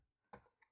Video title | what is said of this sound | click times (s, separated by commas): Unboxing & Installing the Hansshow Full Width LED Tail Lights for Tesla Model 3 & Y | start un snapping it and you'll hear it unclip just like that once we have this out | 0.3 s, 0.6 s